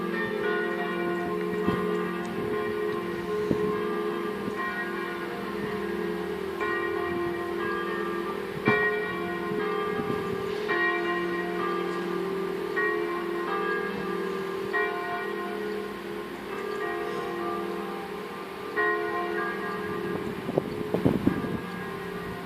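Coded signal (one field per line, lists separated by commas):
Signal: bell signal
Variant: Italian distesa, three bells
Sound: several church bells swinging and ringing continuously in overlapping, rich metallic peals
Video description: infine per un funerale distesa delle tre minori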